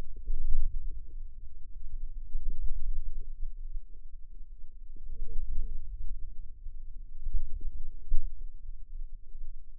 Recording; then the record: forearm muscle sounds (acoustic myography)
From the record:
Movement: wrist extension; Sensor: system 2, bracelet of six BSWA MPA416 microphones around the upper forearm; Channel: 2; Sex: female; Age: 22 years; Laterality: right